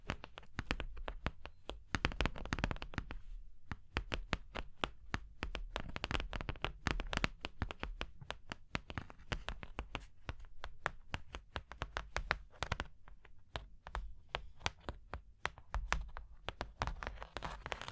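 Fingers tap and scratch across a surface in quick, uneven bursts, with sharp crisp clicks arriving several times a second throughout. A brief lull near three seconds breaks the pattern, then dense tapping resumes, underpinned by a soft low rumble of handling.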